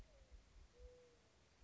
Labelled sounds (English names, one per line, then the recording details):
Mourning Dove
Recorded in Sonoma County, California